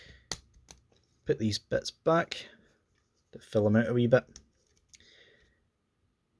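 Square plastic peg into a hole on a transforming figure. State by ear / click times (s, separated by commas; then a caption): seated / 0.3 s. A square plastic peg on a transforming figure, a Transformers War for Cybertron Kingdom Cheetor, is lined up with its hole and pushed down. It pops into place with a sharp click at 0.3 s, followed by a few faint clicks. Someone then talks.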